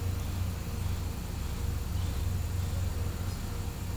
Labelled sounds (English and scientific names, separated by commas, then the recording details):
none
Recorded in pastures near Puerto Asís, Putumayo, Colombia, on 20 December 2024 at 09:00
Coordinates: 0.505, -76.324
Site G063